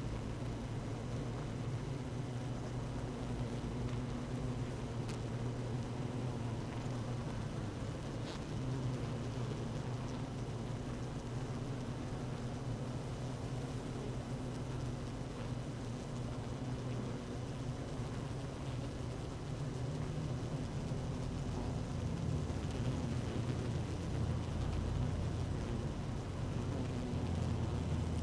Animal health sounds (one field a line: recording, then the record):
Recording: honeybee colony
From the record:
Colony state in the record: active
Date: 12 June 2018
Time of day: 15:56